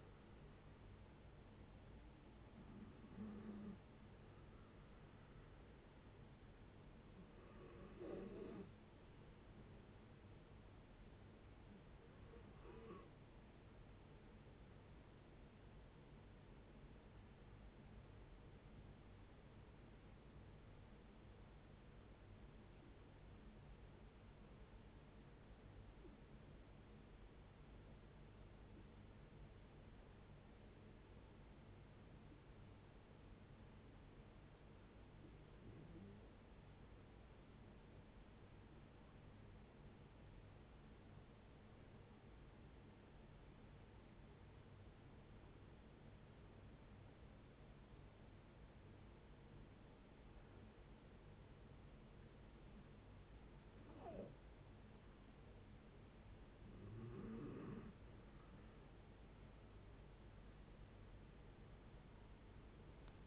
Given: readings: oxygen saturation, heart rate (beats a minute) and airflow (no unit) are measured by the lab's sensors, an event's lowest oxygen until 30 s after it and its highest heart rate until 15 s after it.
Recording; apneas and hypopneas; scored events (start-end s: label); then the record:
breathing in sleep by a voice recorder at the bedside; 1
17.00-54.10 s: hypopnea (REM, oxygen 95% highest, then 66% lowest, heart rate 76 at the start, 92 highest)
From the record:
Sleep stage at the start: REM sleep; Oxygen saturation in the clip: 68 to 95%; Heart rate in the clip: 54 to 85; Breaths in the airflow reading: 13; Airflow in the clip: -12.5 to 16.1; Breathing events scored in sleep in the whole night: 496 in 5.4 hours asleep